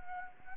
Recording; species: mosquito wingbeat signal from an infrared sensor; Anopheles arabiensis